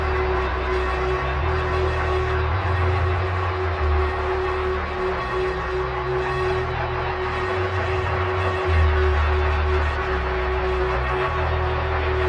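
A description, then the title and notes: A dark bass drone rumbles underneath, its low notes shifting in long held steps every few seconds. Over it sits a dense, constant layer of distorted hiss and grit, with a steady mid-pitched tone humming through. The level stays loud and unchanging throughout. Ominous Bass Drone Overdubbed With Distorted Noise Samples.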